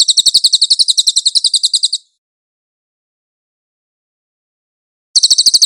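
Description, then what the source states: Cililin song: a quick rattling trill of high notes for two seconds, a long pause, then the trill begins again. Cililin song on a master (training) track.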